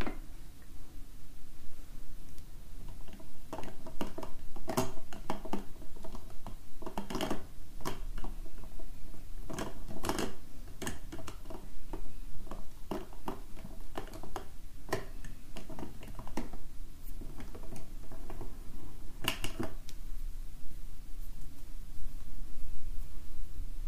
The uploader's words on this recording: Relaxing Drawing With Markers - Drawing, No-Talking, Paper & Pen Sounds. For this episode I took out my set of Zebra Mildliners to doodle with.